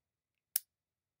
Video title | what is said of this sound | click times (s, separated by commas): Sparrows Master Switch - Bypass Master Lock #3, Brinks ZX 15 662 44029, Fortress and Mountain | might have heard it pop there I just pulled out one of these locking dogs | 0.6 s